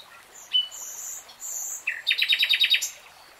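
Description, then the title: Nightingale song: high pure whistles, a short buzzy note, then a quick series of about eight repeated loud chips. Nightingale singing in real time. "[Tiếng chim hót] 3 Hours REALTIME Nightingale Singing"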